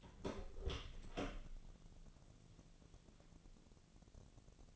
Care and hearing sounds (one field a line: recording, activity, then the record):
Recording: daily activity, microphone in the room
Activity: open door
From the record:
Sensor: 4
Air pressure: 1001.2 hPa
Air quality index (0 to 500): 184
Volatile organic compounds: 3 ppm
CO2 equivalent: 1321 ppm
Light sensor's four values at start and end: 17/39/16/17 and 15/36/15/15